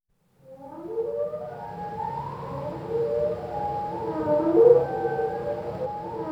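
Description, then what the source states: Whale song, slowed: after a brief silence, long sliding tonal moans with stacked harmonics rise and fall, overlapping and wavering, over a steady low hum. A single whale, played slowed down.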